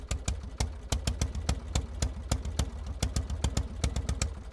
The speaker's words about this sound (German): Nur 2 Jahre benötigt Karl Benz, dann ist ihm der Geniestreich geglückt. Am Silvesterabend 1879 springt sein Motor erstmals an.